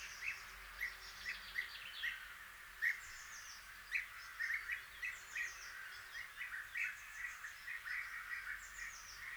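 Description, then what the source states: European bee-eaters giving repeated purring trilled calls over a steady background hiss. Small flock on a spring migratory stopover in a village, May 2020, after returning from wintering grounds in late April to early May, before settling.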